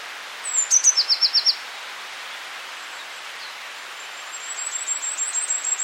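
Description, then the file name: Eurasian blue tit singing a thin high opening note followed by a quick trill; a fainter high trill follows after a pause. "Cyanistes caeruleus"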